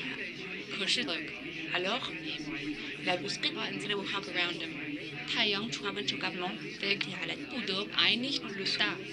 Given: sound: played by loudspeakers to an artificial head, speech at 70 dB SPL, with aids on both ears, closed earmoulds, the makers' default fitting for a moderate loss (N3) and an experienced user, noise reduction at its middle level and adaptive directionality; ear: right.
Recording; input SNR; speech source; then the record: speech test signal (ISTS) in cocktail-party noise; 0 dB; in front (0 degrees)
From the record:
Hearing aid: class 2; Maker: D